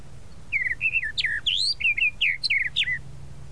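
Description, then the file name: Tropical mockingbird song, a continuous string of varied whistled notes, some slurred up or down, delivered briskly over about two and a half seconds. "Canto-do-Sabiá-da-Praia"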